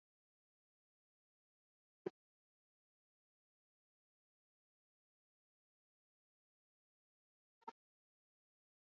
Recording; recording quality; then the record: deep breathing; poor, much background noise or distortion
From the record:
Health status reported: COVID-19 positive, mild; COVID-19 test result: positive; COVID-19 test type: RT-PCR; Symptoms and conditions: cough, breathing difficulty, fatigue, diabetes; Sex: male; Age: 55 years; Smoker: no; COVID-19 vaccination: both doses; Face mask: worn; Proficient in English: yes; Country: India